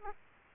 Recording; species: mosquito wingbeat signal from an infrared sensor; Aedes aegypti